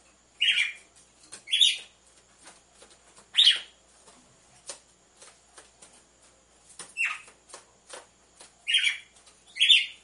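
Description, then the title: Red-cowled cardinal, female song: six short, rich chirps in loose pairs and singles across ten seconds, over faint steady ticking. Female song, used to warm up males; played with the beat of two males. "Canto Galo Campina Fêmea 01. ESQUENTE GALO DE CAMPINA COM BATIDA DE DOIS MACHOS"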